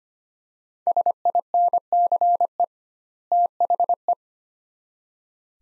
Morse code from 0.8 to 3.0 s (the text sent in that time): SINCE